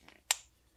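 The blade of a Kunwu Compact folding knife is opened slowly, riding over the detent and locking into its open position in the handle. Faint soft rustles come first, then a sharp, bright snap at 0.3 s as the blade locks open, followed by a faint tick near the end.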